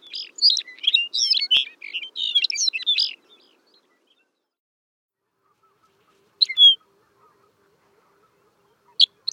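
Lapland longspur calls: a burst of short, high chirps and rattled notes over about three seconds, then silence broken by a few single clipped chirps.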